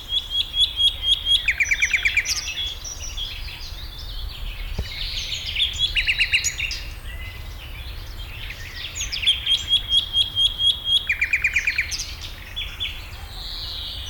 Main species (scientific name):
Sylvia borin